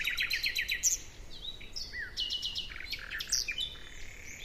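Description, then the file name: Common nightingale singing a quick series of repeated clear notes, then whistles and varied chattering phrases in fast succession. "Luscinia megarhynchos"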